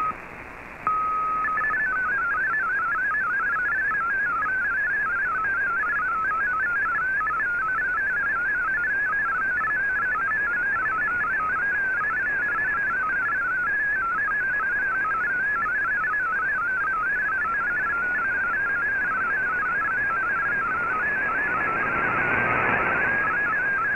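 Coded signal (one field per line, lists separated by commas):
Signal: multi-tone FSK (Olivia or MFSK type)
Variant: MFSK32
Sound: rapid warbling tone jumping between many close pitches, continuous, over hiss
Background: radio static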